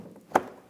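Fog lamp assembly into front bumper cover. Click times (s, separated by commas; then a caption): 0.4 s. A plastic fog lamp assembly for a 2007-2014 Ford Edge is pressed into the front bumper cover with its locking tabs lined up with their ports. A single sharp click is heard at 0.4 s against a quiet background as the tabs seat. When tugged afterwards, the lamp does not slide out.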